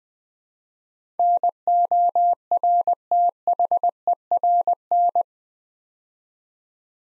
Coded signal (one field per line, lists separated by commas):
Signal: Morse code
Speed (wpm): 20 wpm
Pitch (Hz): 700 Hz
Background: none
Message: NORTHERN